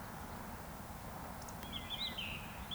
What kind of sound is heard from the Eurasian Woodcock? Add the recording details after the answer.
whistle. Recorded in Baden-Württemberg, Germany, on 26 June 2021 at 19:34 UTC. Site 45499, 200 m above sea level